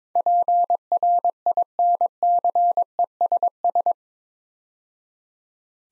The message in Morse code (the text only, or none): PRINCESS